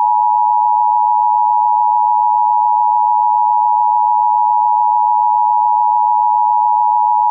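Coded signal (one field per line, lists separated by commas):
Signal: Emergency Alert System (SAME) tones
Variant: 853 and 960 Hz attention tone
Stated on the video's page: EAS winter storm warning issued by the National Weather Service for Johnson County, Iowa.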